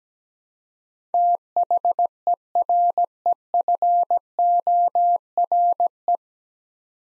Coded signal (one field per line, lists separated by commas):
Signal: Morse code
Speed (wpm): 17 wpm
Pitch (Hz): 700 Hz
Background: none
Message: THEREFORE